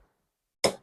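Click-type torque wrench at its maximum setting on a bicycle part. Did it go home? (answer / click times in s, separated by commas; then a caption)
yes / 0.6 s. A budget click-type torque wrench set to its maximum of 25 Nm is pulled hard on a bicycle part, with the wrench feeling very stiff. After near silence, a single sharp, bright click sounds at 0.6 s and quickly fades. The wrench has clicked at its 25 Nm setting.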